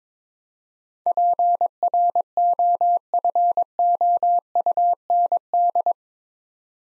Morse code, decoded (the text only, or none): PROFOUND